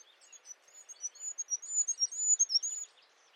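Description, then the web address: Bird giving rapid, high-pitched chirping notes that build in loudness through the middle, over a quiet background. "birddata Deverinetal 2025"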